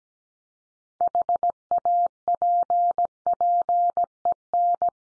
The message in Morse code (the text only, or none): HAPPEN